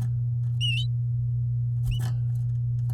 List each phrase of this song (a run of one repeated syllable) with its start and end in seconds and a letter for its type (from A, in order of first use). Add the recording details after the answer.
0.68-0.70 A, 0.86-0.86 B. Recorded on 8 May 2018 at 12:11. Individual llb16